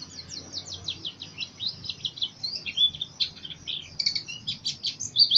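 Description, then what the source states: White-eye song: a continuous stream of fast high chirps and slurred twitters, steady throughout. East Java; singing style described as 'macok'.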